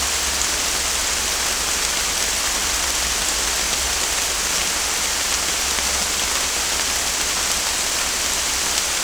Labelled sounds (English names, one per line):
none